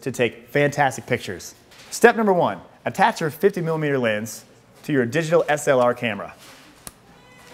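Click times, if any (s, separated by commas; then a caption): 6.9 s. A 50mm lens is attached and twisted onto the bayonet mount of a digital SLR camera body while someone talks. A single sharp click at 6.9 s marks the lens locking into the mount, and it is seated.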